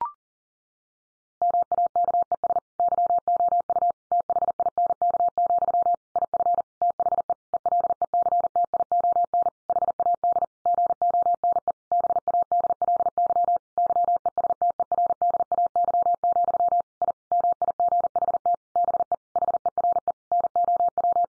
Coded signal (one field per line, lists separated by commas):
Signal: Morse code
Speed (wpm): 40 wpm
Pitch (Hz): 700 Hz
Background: none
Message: MAKES YOU THINK, IF THE ELECTION HAD GONE BADLY YESTERDAY, I MIGHT BE HERE NOW